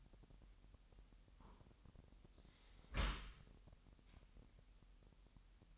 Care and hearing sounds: daily activity, microphone in the room; close dishwasher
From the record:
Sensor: 3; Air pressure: 998.1 hPa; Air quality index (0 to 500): 152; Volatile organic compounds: 5 ppm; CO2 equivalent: 1810 ppm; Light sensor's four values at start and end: 13/38/15/14 and 13/38/15/14

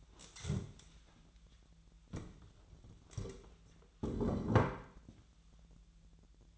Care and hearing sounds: daily activity, microphone in the room; stand up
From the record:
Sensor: 3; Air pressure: 1001.9 hPa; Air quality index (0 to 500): 249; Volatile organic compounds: 130 ppm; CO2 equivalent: 3929 ppm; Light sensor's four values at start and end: 8/17/7/8 and 9/19/8/8

